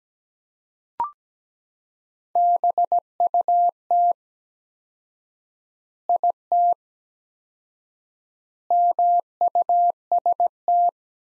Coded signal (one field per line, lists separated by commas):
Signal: Morse code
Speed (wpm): 17 wpm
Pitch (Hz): 700 Hz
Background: none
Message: BUT IT MUST